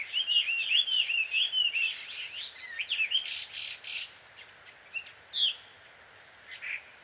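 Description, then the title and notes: Bird calls, a series of wavering whistled chirps followed by sparser, broken notes and quiet gaps. Birds described as a quarrelling couple, heard at dusk; field recording made in Takao, Japan. "鳥の夫婦喧嘩 – Birds Quarrel At Dusk. Recorded in Takao Japan"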